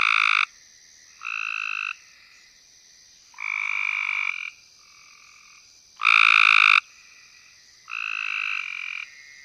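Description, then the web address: Cope's gray treefrog, rapid buzzy trills repeated roughly every two seconds, some louder than others, against a constant high-pitched background drone. "Frog Hyla Chrysoscelis"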